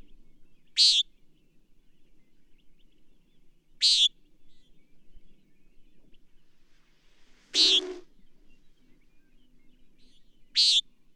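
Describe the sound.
Bird calling with short piercing chirps, four spaced about three seconds apart; the third is joined by a broader, lower rasping note.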